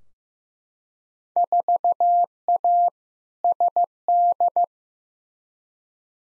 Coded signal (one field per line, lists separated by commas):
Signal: Morse code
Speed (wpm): 15 wpm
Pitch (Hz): 700 Hz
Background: none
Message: 4A SD